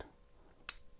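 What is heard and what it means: The quick-detach lever on an OLIGHT Odin weapon light mount is pulled, and the mount unlocks from the firearm rail with a single sharp click at 0.7 s. The rest of the clip is quiet, low-level background, and the mount is released.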